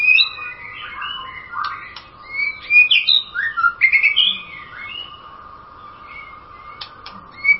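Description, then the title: White-rumped shama song of fluty, slurred whistles and brisk chirps in lively bursts, becoming sparse after the middle with a final loud note at the end, a faint continuous hum underneath. "Kicau Murai Batu"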